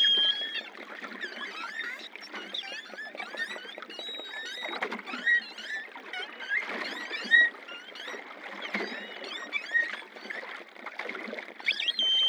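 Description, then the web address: Long-finned pilot whale whistles, many short wavering tones over a steady bed of clicks. Recorded in the Antilles. "Voile'Ocean Audio prez Globi antilles globicephala Melas Apex Cetacea Gouf"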